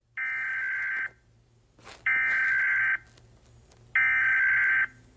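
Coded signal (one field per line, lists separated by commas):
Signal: Emergency Alert System (SAME) tones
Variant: header bursts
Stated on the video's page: Fictional EAS scenario, reuploaded.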